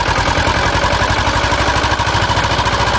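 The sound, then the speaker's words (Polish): A motorboat with an Ursus engine chugs loudly and steadily as it enters a bay, its low, rapid pulses holding an even rhythm under a rough, buzzing drone with no change in pitch and no voices. “Motorówka z silnikiem Ursusa wpłynęła do zatoki.”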